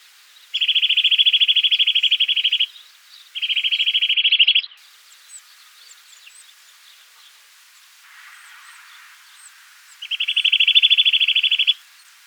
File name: Sitta europaea